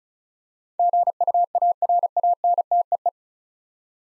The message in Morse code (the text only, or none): GUARANTEE